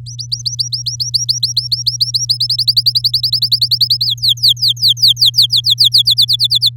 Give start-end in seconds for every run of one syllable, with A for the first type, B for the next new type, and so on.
0.06-2.25 A, 2.29-4.05 B, 4.06-6.02 C, 6.05-6.70 D